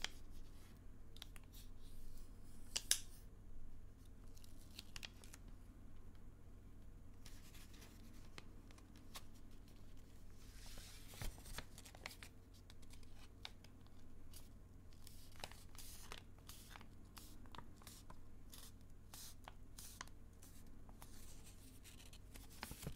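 Soft tapping and folding sounds, with crisp papery crinkles and short bright clicks scattered throughout, denser after about fifteen seconds. A low steady hum runs underneath the whole time, and a sharper snip-like sound stands out near three seconds.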